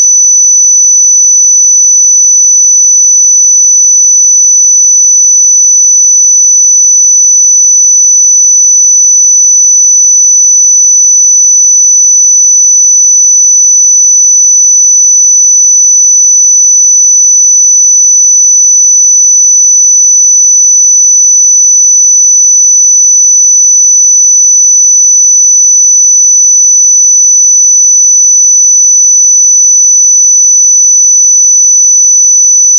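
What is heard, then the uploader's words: A pure sine tone at 5985 Hz holds perfectly steady for the whole 33 seconds, a thin, piercing high whistle with nothing else around it. Its pitch and loudness never change, and there are no breaks, clicks or background sounds. 5985 Hz 1 Hz Interval Sine Pure Tone Frequency 441000 Sample Mono.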